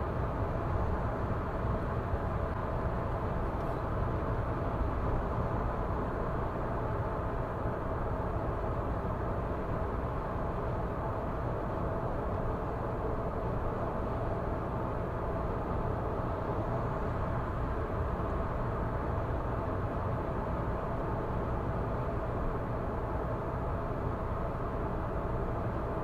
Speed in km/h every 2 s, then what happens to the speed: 105, 105, 105, 105, 105, 105, 105, 105, 105, 105, 105, 105, 105.
0-26 steady at about 105.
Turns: none.